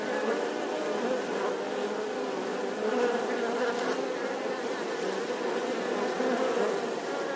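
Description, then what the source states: Honey bee swarm producing an unbroken, busy droning buzz of many wings that stays steady throughout. Bee swarm buzzing outside the hive.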